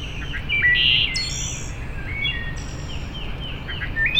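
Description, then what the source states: Wood thrush giving a clear fluted phrase ending in a high trill, with faint other bird notes and low steady noise. Recorded 6 May 2007.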